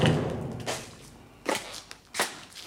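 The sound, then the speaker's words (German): Three separate knocks on a door, sharp dull thuds spaced unevenly about a second apart, heard alone over a faint hiss with no one speaking. “Das ist ein Klopfen.”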